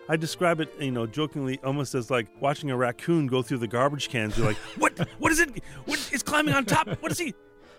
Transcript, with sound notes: I describe it, you know, jokingly, almost as like watching a raccoon go through the garbage cans. You're like...
(Laughter).
What - what is it - what? It's climbing on top. What is he